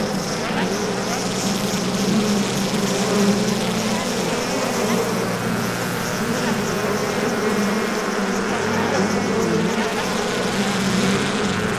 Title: Efeitos 2ba. Bees, Active Hive Of Angry Insects